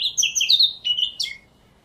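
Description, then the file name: Eurasian blackcap singing a short, rich warble of clear whistled notes that ends in a sharp high flourish and a dropping tail. "Sylvia atricapilla"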